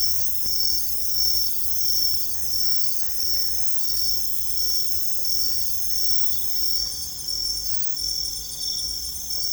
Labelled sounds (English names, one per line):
none